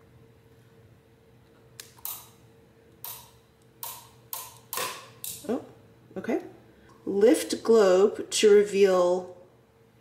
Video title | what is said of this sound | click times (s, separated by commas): VLOG - PR Haul - GRWM - Few Minor House Updates | gently push globe down and twist clockwise a quarter turn you'll hear few small clicks then a thunk oh | 2.1 s, 3.0 s, 3.8 s, 4.3 s, 4.7 s, 5.2 s